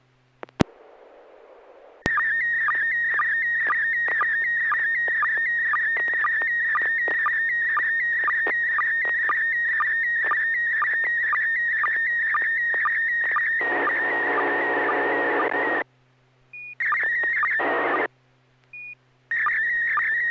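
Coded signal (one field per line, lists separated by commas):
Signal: SSTV (slow-scan television)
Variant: PD120 mode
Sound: steady warbling tone near 2 kHz with rhythmic low blips, briefly interrupted near end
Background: radio hum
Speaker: Roger that I am ready uh this is uh PD one [Music] 20 [Music] e [Applause] [Music] d [Music] n6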